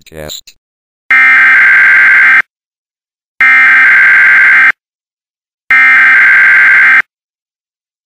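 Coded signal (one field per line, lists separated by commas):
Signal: Emergency Alert System (SAME) tones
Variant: header bursts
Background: speech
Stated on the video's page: Fake EAS Emergency Action Notification, loud.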